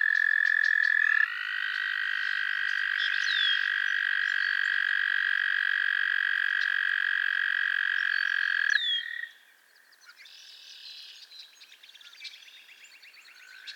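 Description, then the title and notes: Frogs trilling together: overlapping long buzzing trills hold for almost nine seconds, then give way to quieter, scattered high chirps. Chorus of frogs calling to one another on a summer evening at Miners Marsh, Annapolis Valley, Nova Scotia. "Theraphonia - Frogsong at Miners Marsh. A chorus of frogs croon to one another on an idyllic summer evening in Miners Marsh, Annapolis Valley, Nova Scotia"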